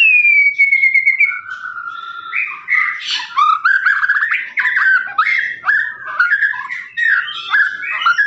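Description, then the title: Lovebird song opening with a falling whistled trill, followed by a long busy stream of squeaky chirps and rattling trills. Long trilling "ngekek" song, used as a master recording for training birds. "FULL DURASI MASTERAN LOVEBIRD NGEKEK PANJANG"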